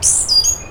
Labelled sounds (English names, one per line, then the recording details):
Stitchbird song
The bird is a male
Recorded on Tiritiri Matangi Island, New Zealand, in 2005
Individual 12, of nest box 16